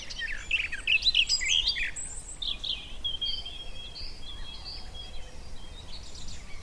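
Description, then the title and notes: Garden warbler song, a rapid run of fluted, warbling phrases in the first two seconds, then scattered softer notes, over a steady low background hiss. Male, a migrant, singing in spring on a scrubby hillside among hawthorns in bloom; described as fluted, frenetic song. "Sound escape 65: be enchanted by the little-known song of the garden warbler. As the scrubby hillside hawthorns burst into burst into bloom, the musky vanilla perfume of the white mayflowers encourages a male garden warbler into his fluted song. Recorded by Fergus Collins"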